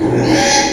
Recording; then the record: squeal of a Yucatan mini pig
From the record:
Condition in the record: before surgery on the right vocal fold (resection and tissue-engineered implant); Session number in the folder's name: 1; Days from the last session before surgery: -3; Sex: male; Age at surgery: 12 weeks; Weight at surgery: 13 kg